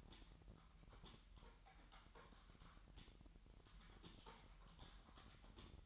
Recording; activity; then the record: daily activity, microphone in the room; typing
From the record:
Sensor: 3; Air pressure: 1002.0 hPa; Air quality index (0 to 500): 246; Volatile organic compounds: 50 ppm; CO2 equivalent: 3295 ppm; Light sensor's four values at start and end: 13/41/17/15 and 13/41/17/15